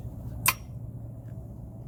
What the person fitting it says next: Just like so. You hear it click. Goes right in.